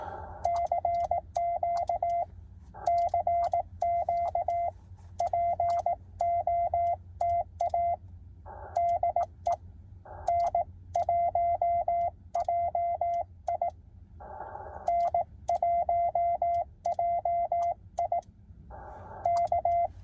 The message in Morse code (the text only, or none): CQ CQ POTA DE N1JI N1JI K